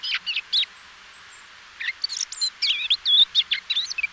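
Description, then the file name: Eurasian blackcap song, a few opening notes, a thin high drawn-out whistle, then a rich, rapid warbling phrase. "Sylvia atricapilla"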